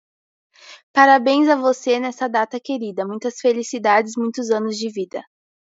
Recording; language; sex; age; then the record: short text; Brazilian Portuguese; male; 20 to 29 years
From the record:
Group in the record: control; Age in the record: 22 years